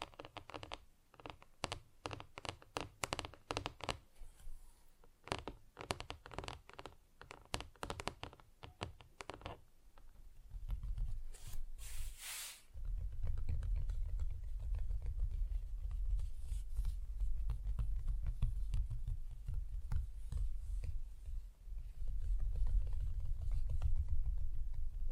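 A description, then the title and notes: Tapping on different surfaces, with no talking. For the first ten seconds, quick, bright, clicky taps come in irregular bursts; after a short scraping swish near twelve seconds, a denser, low, rumbling patter of rubbing or drumming fingers carries on steadily to the end. ASMR Just Tapping (Different Surfaces No Talking).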